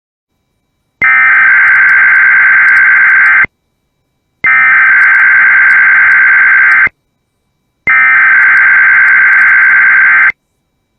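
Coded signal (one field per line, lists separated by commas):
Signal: Emergency Alert System (SAME) tones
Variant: header bursts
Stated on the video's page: EAS alerts captured from IP radio streams.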